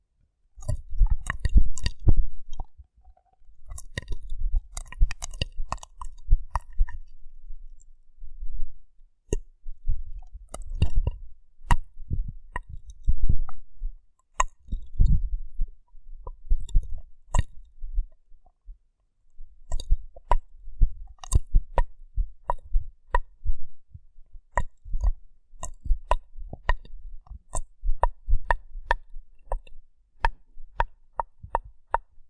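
Rough brain cleaning and picking: wet, irregular crunching and clicking in dense bursts with brief pauses, sharp snaps scattered throughout the clip.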